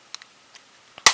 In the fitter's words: That kind of snapped into place there.